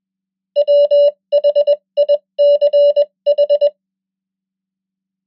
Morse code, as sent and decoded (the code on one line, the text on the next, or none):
.-- .... .. -.-. ....
WHICH